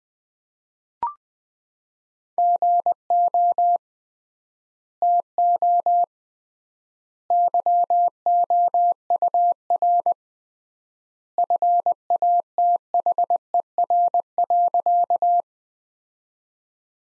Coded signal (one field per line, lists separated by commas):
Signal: Morse code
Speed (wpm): 20 wpm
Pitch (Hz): 700 Hz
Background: none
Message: GO TO YOUR FATHER.